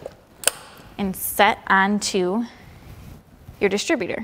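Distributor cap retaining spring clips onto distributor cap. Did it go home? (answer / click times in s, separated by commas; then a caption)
yes / 0.5 s. The metal spring retaining straps on a Farmall Cub tractor distributor are brought down over the new distributor cap and snap into place with a sharp, loud metallic click at 0.5 s. Someone talks afterward. The spring clips are seated on the cap.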